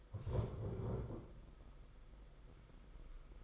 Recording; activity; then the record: daily activity, microphone in the room; stand up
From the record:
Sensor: 5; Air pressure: 991.8 hPa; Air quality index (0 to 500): 144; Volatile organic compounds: 137 ppm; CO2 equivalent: 3965 ppm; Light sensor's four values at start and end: 32/108/40/43 and 32/108/40/43